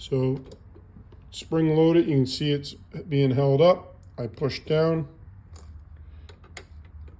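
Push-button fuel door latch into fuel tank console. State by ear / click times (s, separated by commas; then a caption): seated / 6.6 s. Someone talks while the spring-loaded, smooth push-button fuel tank console door on a 2009 Harley-Davidson Police Special motorcycle is held up and then pressed down so its lock goes into the hole. After the talking stops, a few faint taps lead to a single sharp click at 6.6 s, when the latch locks the fuel door shut.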